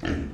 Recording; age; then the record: pig call; growing-finishing pig (85 days or more)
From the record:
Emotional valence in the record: negative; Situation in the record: barren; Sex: male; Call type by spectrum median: low-frequency call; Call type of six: low-frequency stable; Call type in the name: low-frequency stable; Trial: 1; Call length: 0.33 s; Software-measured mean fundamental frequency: 45 Hz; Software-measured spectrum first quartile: 179 Hz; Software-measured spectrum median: 357 Hz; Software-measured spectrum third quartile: 1260 Hz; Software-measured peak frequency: 280 Hz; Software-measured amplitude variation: 171 dB a second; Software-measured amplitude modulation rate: 31.4 a second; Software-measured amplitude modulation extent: 5.4 dB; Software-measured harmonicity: -2.5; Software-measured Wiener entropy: -2.15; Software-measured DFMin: 857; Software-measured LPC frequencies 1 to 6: 338, 1752, 3040, 4062, 4792, 5631 Hz